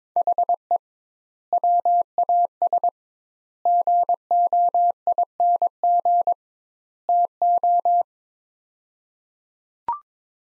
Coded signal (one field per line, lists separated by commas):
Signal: Morse code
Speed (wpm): 22 wpm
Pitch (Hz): 700 Hz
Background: none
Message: HE WAS GOING TO